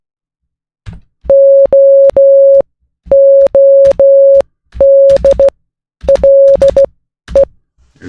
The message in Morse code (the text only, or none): OODLE